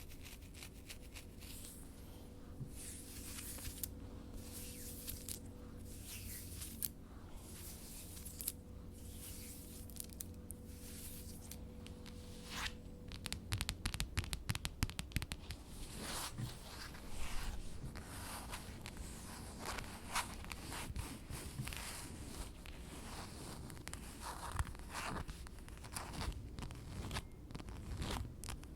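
Fabric of a dress rustles and scratches in dense, irregular bursts over a low steady hum, growing busier and sharper after the midpoint.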